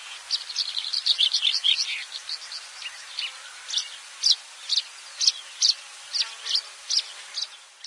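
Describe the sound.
Slender-billed short-toed lark with a busy twittering phrase, then evenly spaced sharp high chirps repeated roughly every half second.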